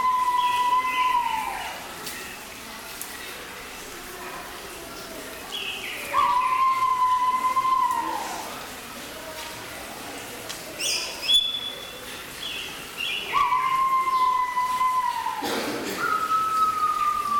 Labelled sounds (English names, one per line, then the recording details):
Pheasant Pigeon call
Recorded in captivity
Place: Zoo Berlin, Berlin, DE
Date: 1996-01-21 13:22
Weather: heiter, -7°C
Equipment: Sony MD-WM MZ-R3, Sennheiser ME 80, Kopie Uher 4000 Report Monitor
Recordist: Tembrock, Günter
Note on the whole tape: Dehnungslaute, zwei Tiere